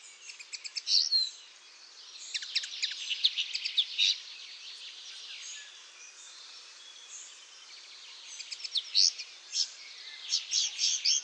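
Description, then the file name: Common linnet twittering: chirps and short trills in scattered bursts, partly blurred by a steady hissing background noise, clearer near the start and end. "MAKOLAGWA"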